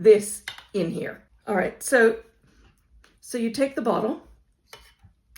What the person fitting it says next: and you just insert it from the back until it clicks. I hope you heard that.